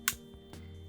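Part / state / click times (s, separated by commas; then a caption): detachable controller onto handheld game console side rail / seated / 0.1 s. A detachable Nintendo Switch Joy-Con controller is slid onto the side rail of the handheld console until it latches. A sharp, bright click sounds at 0.1 s, followed by a fainter soft knock near 0.5 s over a low steady hum. The click confirms the controller is seated and attached.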